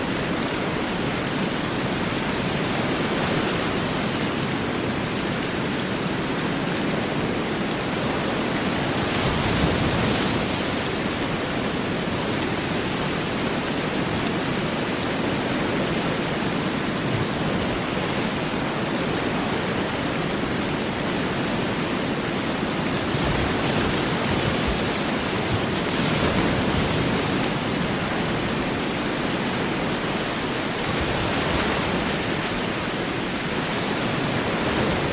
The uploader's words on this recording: Heavy Rain & Big Ocean Waves | Rainstorm Sounds White Noise.